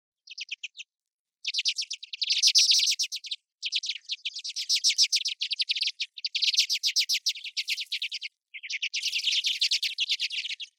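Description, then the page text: Common redpoll calling, fast dry chattering trills of high twittering notes in several runs of up to about two seconds, against a silent background. "ベニヒワ｜日本の鳥百科｜サントリーの愛鳥活動"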